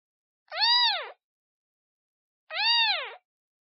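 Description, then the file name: Cat: two drawn-out kitten meows, each swelling and falling away, separated by a pause of about a second and a half. Kitten calling for its mother. "Tieng meo con keu tim me"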